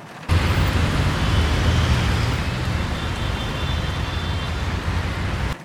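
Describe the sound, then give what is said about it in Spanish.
A steady, dense roar of heavy street traffic on a night of torrential rain, with a deep engine rumble underneath, holding at a constant loud level throughout with no voices. “El tráfico está insoportable.”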